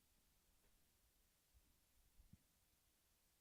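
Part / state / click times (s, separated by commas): CPU cooler push pin into motherboard mounting hole / not seated / none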